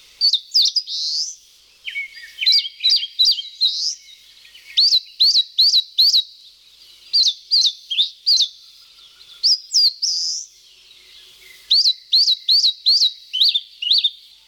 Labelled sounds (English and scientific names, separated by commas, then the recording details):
Eastern Crowned Warbler (Phylloscopus coronatus) song
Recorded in the wild
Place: Kedrojawa Pad-Nationalpark, RU
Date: 1994-06-10
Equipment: Dat-Recorder Casio DA 7, Telinga DAT, Telinga-Parabolspiegel
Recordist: Schwarz, Dieter
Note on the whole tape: Song